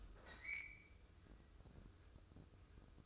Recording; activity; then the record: daily activity, microphone in the room; open fridge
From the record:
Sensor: 2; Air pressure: 995.1 hPa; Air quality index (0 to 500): 63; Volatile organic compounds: 2 ppm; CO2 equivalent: 1076 ppm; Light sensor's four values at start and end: 17/55/21/21 and 17/55/21/21